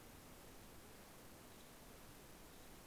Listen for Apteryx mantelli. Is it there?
no